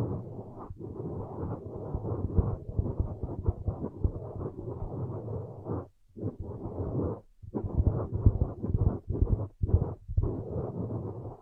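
Ear massage sounds: dense, muffled rubbing and rustling, low and dull with nothing bright above. The rubbing runs nearly continuously in irregular strokes, broken by short silent gaps around six, seven and a half, and nine to ten seconds.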